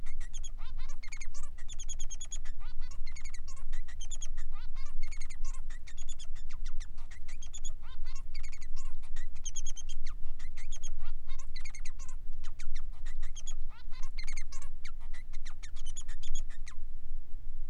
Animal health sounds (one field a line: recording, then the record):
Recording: song of a male Bengalese finch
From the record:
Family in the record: son of father 3